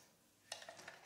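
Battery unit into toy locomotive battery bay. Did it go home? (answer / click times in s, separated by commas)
yes / 0.5 s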